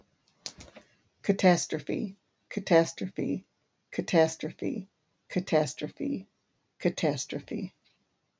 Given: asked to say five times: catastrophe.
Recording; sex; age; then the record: repeated word; female; 50 to 59 years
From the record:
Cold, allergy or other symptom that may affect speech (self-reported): no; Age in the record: 56 years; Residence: Ohio, United States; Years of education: 13